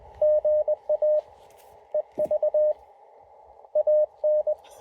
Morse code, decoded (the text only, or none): GA EVAN